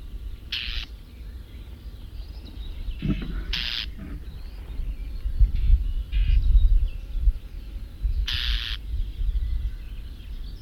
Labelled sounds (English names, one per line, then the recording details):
Common Whitethroat call
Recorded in the wild
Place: Venz, Insel Rügen, Mecklenburg-Vorpommern, DE
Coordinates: 54.497, 13.302
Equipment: Nagra III BH, Sennheiser MD 21, parabola
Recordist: Schubert, Michael